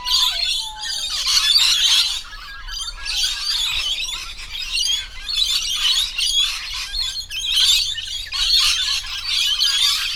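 Lorikeets screeching and chattering in dense, shrill bursts that swell and fade every couple of seconds, several birds calling together.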